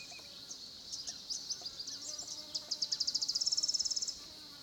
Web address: Sonniss - GDC 2018-Game Audio Bundle Tonschliff - SOUTH AFRICAN CRICKETS BG South Africa Kruger Olifants 1030 am small pond